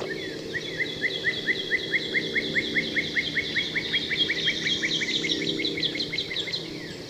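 Northern cardinal song: a long, even series of sharp downslurred notes running throughout, with a low rumbling background.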